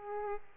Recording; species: mosquito wingbeat signal from an infrared sensor; Aedes aegypti